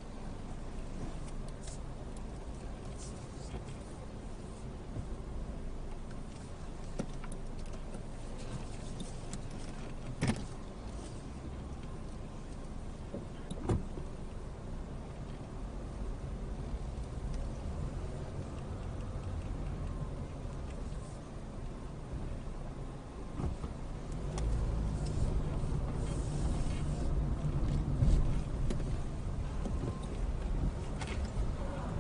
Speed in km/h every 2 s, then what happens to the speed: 0, 0, 0, 0, 0, 0, 0, 3, 6, 10, 3, 2, 13, 18, 10, 10.
0-13 standing. 13-17 pulls away to 10. 22-25 pulls away to 18.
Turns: 21-26, 26-32.